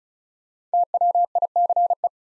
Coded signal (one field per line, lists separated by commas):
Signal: Morse code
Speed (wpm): 36 wpm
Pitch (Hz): 700 Hz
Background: none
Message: TWICE